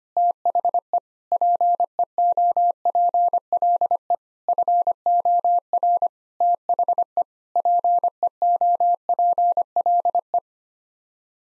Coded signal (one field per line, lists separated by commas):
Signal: Morse code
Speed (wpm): 25 wpm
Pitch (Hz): 700 Hz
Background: none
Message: THE PEOPLE FOR THE PEOPLE